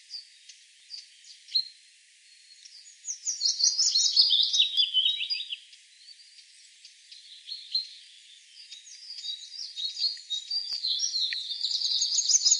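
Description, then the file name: Willow warbler song, soft scattered notes, then a high descending warbled phrase and a second phrase running to the end. Recorded on 24 April 2013. "24 04 2013 Fitis"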